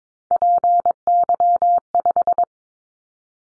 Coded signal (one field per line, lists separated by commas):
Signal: Morse code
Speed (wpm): 22 wpm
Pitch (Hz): 700 Hz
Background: none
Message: PY5